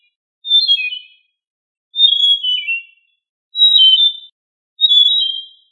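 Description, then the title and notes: Bird song of four high whistled phrases, each falling and warbling slightly, separated by pauses of under a second, on a silent background. Indonesia; birdsong. "Kicau Burung Indonesia"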